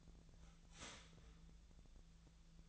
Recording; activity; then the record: daily activity, microphone in the room; start toaster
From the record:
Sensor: 3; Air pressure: 1009.2 hPa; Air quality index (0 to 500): 197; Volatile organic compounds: 16 ppm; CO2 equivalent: 2553 ppm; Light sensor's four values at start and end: 32/80/34/36 and 32/80/34/36